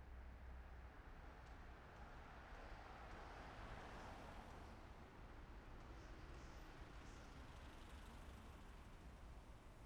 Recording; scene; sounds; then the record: everyday scene through a hearing-aid microphone; in traffic; traffic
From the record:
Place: main city hub, rush hour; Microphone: behind the ear, left, front